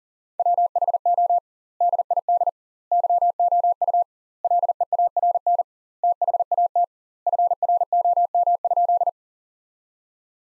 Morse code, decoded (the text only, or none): WHO DID YOU LEARN THAT FROM?